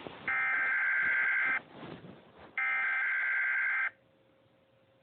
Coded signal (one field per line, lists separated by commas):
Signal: Emergency Alert System (SAME) tones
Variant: header bursts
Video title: EAS Scenario- Supervillain Catastrophe: Part 4! Unusual Invasion